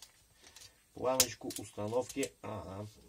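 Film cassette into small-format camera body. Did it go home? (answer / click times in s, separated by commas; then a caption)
no / none. A film cassette is handled into a small-format camera body, with faint handling sounds near 0.0 s and 0.6 s before someone talks from about 1.0 s onward. Nothing has seated or clicked yet, and the cassette has not engaged the camera's catches.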